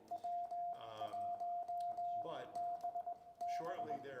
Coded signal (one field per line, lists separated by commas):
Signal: Morse code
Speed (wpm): 22 wpm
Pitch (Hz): 700 Hz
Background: speech, radio noise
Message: W1BB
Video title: W1BB Returns to the Air! Historic Ham Radio Special Event at Charles River Museum - Vertical View